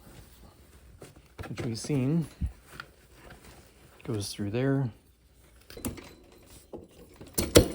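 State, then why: Seated. A metal frame pole (part G) of a 2023 Party City animatronic Leatherface from Texas Chainsaw Massacre is pushed into its mating frame connector tube while someone talks. Soft handling knocks and scrapes follow, then sharp clicks at 7.4 s and 7.6 s as the spring button snaps home and the pole is confirmed seated.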